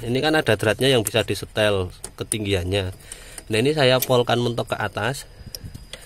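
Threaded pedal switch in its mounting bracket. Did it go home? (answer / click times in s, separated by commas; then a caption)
yes / 5.6 s, 5.9 s. A threaded PTO clutch-pedal switch in its mounting bracket on a Hino 500, being fixed because the PTO would not turn on, is screwed fully up and turned counter-clockwise while someone talks. Two sharp clicks at 5.6 s and 5.9 s mark the switch thread locking into place, so it seats and no longer drops when the pedal is pressed.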